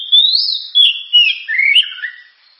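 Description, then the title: Oriental magpie-robin song: a long slurred whistle rising then falling, followed by quick twisting phrases that drop lower and fade out. Described as a loud, sharp, very powerful song used to prompt and train other birds to sing. "Kacer Gacor Suara Tajam. Kacer Gacor Suara Super Kenceng Cocok untuk Pancingan"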